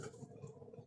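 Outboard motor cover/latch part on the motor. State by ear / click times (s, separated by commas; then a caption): not seated / none. A part of a Tohatsu outboard motor's cover or latch is handled on the motor during an oil change, producing faint low rubbing and small ticking contacts, with one brief tick near 0.7 s. Nothing has seated or clicked into place yet.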